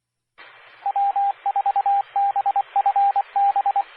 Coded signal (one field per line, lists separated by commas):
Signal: Morse code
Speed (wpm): 24 wpm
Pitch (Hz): 800 Hz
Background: radio noise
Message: W4BFB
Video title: 2017-10-23 - W4BFB 145.2300 MHz Charlotte Regional Skywarn Repeater